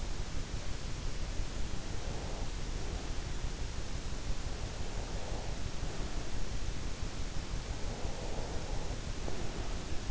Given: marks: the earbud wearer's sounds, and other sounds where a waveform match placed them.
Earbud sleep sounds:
sounds in sleep by an in-ear microphone; breath
1.66-3.81 s: breath
4.59-7.00 s: breath
7.53-10.11 s: breath

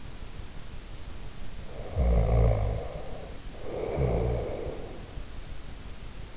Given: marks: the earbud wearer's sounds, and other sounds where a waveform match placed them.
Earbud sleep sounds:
sounds in sleep by an in-ear microphone; snoring breath
1.77-5.15 s: snoring breath

